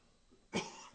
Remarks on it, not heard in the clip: I've got a little bit of a cough.